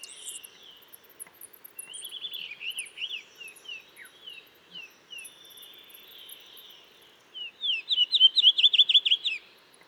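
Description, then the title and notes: Blue rock thrush song: softer, scattered twittering notes, then a loud, fast, rhythmic series of notes near the end. Singing to mark territory in a cliff at Dentelles de Montmirail, 12 March 2020, 7:25 am, changing perches through the morning; Nagra Seven recorder, Telinga Pro7. "12 mars 2020-7h25-Dentelles de Montmirail - Des le lever du jour un Monticole bleu (Monticola solitarius) se signale en alarmant dans la falaise, ensuite il se met à chanter pour marquer son territoire."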